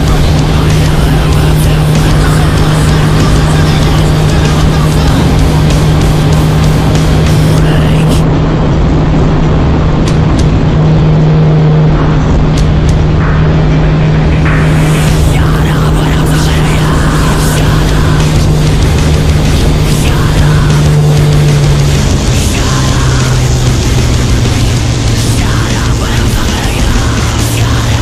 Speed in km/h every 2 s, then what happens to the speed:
159, 160, 160, 162, 165, 163, 159, 162, 160, 159, 156, 134, 120, 118.
0-19 steady at about 160. 19-24 brakes to 120.